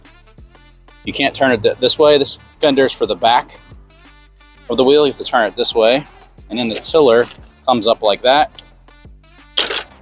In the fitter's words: you can see it locks into place right here very last step